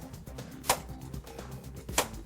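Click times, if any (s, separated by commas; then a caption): 0.7 s, 2.0 s. Tool-less plastic retention clips holding the expansion cards in an HP Blackbird 002 PC case are clicked back one after another to release them. Two sharp, loud clicks sound at 0.7 s and 2.0 s over quieter handling noise, and the clips are released so the cards can slide out of their slots.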